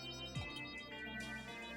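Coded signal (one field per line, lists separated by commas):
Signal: none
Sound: game sound beeps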